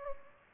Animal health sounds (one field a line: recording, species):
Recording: mosquito wingbeat signal from an infrared sensor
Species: Culex pipiens